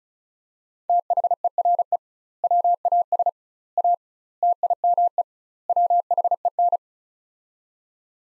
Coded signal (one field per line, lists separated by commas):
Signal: Morse code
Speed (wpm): 36 wpm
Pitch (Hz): 700 Hz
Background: none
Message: THERE WAS A TIME WHEN